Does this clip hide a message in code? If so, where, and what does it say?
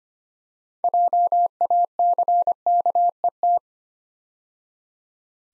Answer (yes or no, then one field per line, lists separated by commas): yes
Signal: Morse code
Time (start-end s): 0.8-3.6 s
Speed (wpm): 25 wpm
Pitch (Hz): 700 Hz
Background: none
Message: JACKET